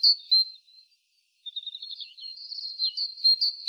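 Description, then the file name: Great tit calls: two sharp high chirps, a short silence, then a long stream of rapid, thin twittering notes and chirps. "Parus major"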